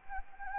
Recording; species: mosquito wingbeat signal from an infrared sensor; Anopheles gambiae